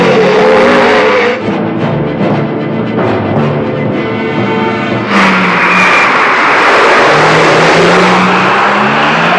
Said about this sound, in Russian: Извилистая лесная трасса, по которой несутся гоночные машины. Их здорово заносит. Вираж, еще вираж.